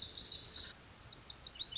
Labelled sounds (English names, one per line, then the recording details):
Lazuli Bunting
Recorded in Sonoma County, California